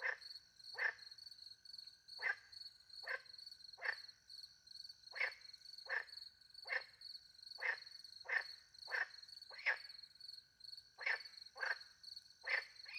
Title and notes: Frogs and crickets, France. Frogs and crickets in the countryside by night. The microphones were hidden in a tree close to a little pond